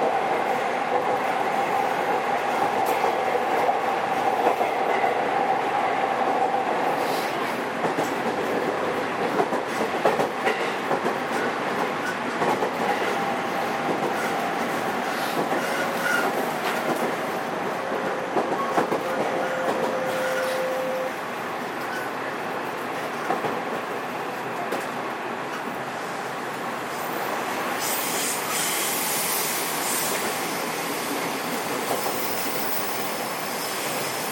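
A JR 207 series train runs with a steady dense rumble and rattle, brief squeals early on, and a brighter hiss near the end.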